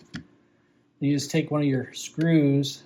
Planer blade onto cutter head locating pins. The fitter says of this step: And this has pins for this too, so once it gets down in there, see it locks into place.